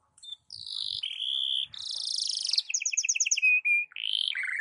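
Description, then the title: Belgian canary song, a rapid run of varied whistled trills and buzzy rolls, ending with a fast bubbling trill and sliding notes. Belgian canary song for warming up the bird; morning song, described as suited for masteran (tutoring other birds). "Canto Para Esquentar Canário Belga. SUARA BURUNG KENARI DI PAGI HARI COCOK BUAT MASTERAN"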